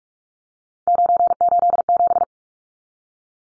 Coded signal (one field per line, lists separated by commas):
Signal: Morse code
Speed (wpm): 44 wpm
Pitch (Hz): 700 Hz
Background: none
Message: 987